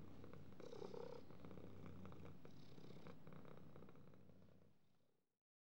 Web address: кошки